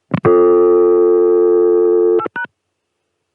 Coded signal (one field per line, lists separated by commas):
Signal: telephone call progress tone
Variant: North America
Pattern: dial tone